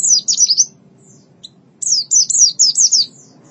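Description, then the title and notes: White-eye singing two bursts of high, sharply falling chirps in fast series. A brief quiet gap separates them, with faint low hum underneath. "Kicauan Burung Pleci Durasi Panjang. Suara kicauan burung pleci"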